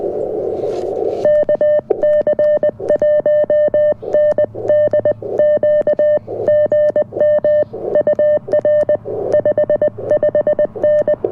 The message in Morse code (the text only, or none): KC1NDQ GM UR 55N